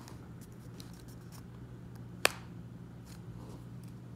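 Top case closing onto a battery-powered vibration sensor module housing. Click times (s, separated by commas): 2.2 s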